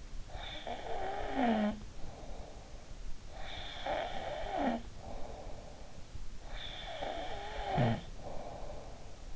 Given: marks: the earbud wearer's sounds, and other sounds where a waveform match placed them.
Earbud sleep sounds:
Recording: sounds in sleep by an in-ear microphone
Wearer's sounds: snoring breath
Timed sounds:
0.33-2.83 s: snoring breath
3.58-5.98 s: snoring breath
6.50-9.36 s: snoring breath

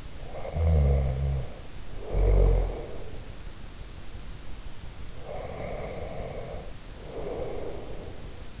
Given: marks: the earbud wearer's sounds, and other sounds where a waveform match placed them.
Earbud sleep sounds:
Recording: sounds in sleep by an in-ear microphone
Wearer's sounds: snoring breath, breath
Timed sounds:
0.08-3.17 s: snoring breath
5.03-8.60 s: breath

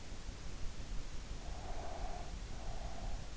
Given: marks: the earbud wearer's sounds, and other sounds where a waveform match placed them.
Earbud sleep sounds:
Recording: sounds in sleep by an in-ear microphone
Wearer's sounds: breath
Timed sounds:
1.47-3.28 s: breath

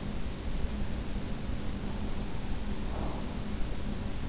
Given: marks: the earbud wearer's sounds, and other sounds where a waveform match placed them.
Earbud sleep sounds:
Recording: sounds in sleep by an in-ear microphone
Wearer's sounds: breath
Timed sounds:
2.43-4.08 s: breath

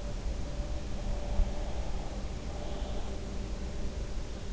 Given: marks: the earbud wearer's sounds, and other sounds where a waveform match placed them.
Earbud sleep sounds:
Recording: sounds in sleep by an in-ear microphone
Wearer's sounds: breath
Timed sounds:
0.69-3.52 s: breath

